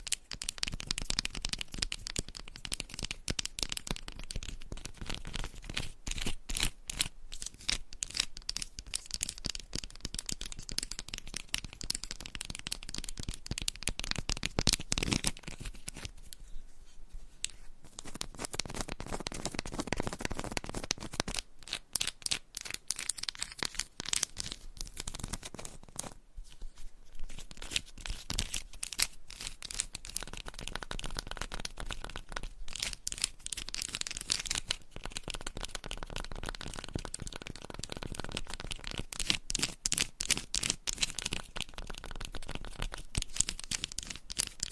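Scratching and tapping on textured candles, a dense run of dry, crackly scrapes with sharp taps scattered throughout. The sound stays busy and bright for most of the 45 seconds, easing into softer, duller rubbing around 16–20 seconds and briefly near 26 seconds.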